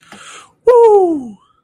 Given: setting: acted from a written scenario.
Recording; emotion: vocal sound without words; triumph